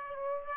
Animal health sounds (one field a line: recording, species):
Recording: mosquito wingbeat signal from an infrared sensor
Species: Aedes aegypti